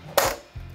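A steel pan magazine is fitted onto the receiver of a DP-28 light machine gun: its front tab slides under a riveted, stamped sheet-metal piece and its two ears go up under it. A sharp, bright metallic hit is heard at 0.2 s, followed by a quieter low-pitched sound from about 0.55 s. The magazine locks into place on the receiver.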